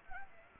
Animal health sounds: mosquito wingbeat signal from an infrared sensor; Anopheles gambiae

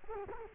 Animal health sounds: mosquito wingbeat signal from an infrared sensor; Culex quinquefasciatus

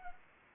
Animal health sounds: mosquito wingbeat signal from an infrared sensor; Anopheles arabiensis

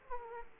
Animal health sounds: mosquito wingbeat signal from an infrared sensor; Aedes aegypti

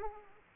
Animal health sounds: mosquito wingbeat signal from an infrared sensor; Aedes aegypti

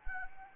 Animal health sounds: mosquito wingbeat signal from an infrared sensor; Anopheles arabiensis

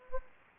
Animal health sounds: mosquito wingbeat signal from an infrared sensor; Anopheles gambiae

